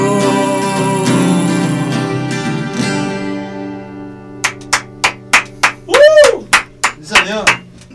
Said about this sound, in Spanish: Bueno, aquí estoy yo solo para aplaudir